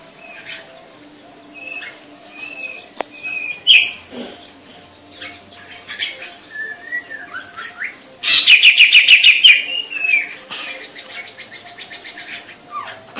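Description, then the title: Grey-cheeked bulbul calls: short whistled notes and slurred phrases, then a loud harsh chattering burst in the later part, with a steady low mechanical hum throughout. Female bird. "Cucak Jenggot Betina"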